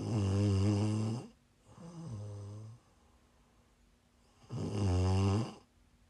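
Low, harmonic snoring from an adult woman during sleep for ASMR, with three snores in quick succession separated by quiet pauses.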